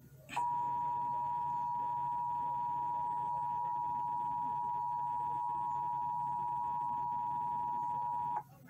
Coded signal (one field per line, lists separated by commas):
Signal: Emergency Alert System (SAME) tones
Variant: 853 and 960 Hz attention tone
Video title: Amber Alert Emergency Alert System alert airs on KSCS and KTXD on 6/13/23.